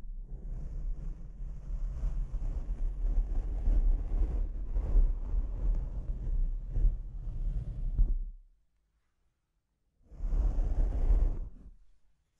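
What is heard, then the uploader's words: Mic scratching rumbles and rustles continuously for about eight seconds, stops into silence, then returns in a shorter burst around ten to eleven seconds. ASMR Brain Melting Mic Scratching (No Talking).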